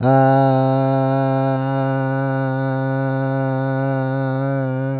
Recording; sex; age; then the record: sustained vowel /a/; male; 60 to 69 years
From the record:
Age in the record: 62 years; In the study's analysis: included